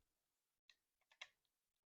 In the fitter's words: and just like so just snaps right in